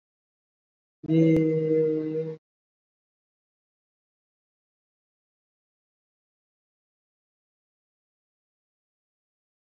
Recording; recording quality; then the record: sustained vowel as in made; excellent, no background noise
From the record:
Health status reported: COVID-19 positive, moderate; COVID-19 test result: positive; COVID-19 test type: RT-PCR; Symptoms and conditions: cough, cold, fever, fatigue, muscle pain, loss of smell and taste, diarrhoea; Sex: male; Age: 25 years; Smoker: no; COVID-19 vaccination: both doses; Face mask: worn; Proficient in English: yes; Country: India